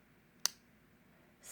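The snap cap of a Pilot Prera fountain pen, a cap known for its satisfying snap, is pushed onto the pen body and closes with a single sharp click at 0.4 s. The cap is seated shut, and a rising hiss of noise begins near the end of the clip.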